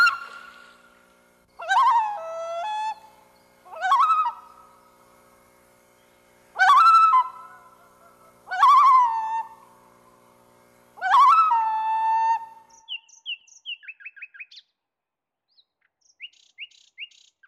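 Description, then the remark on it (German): A bird gives six loud, harsh, descending cries spaced about two seconds apart, followed by a scattering of quick, high-pitched chirps and peeps. No one speaks. “Schau, Thomas. Dein Vogel ist da.”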